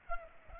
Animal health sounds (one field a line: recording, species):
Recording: mosquito wingbeat signal from an infrared sensor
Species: Culex pipiens